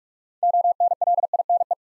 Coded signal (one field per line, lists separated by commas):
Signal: Morse code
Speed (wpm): 44 wpm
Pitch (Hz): 700 Hz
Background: none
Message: ONLINE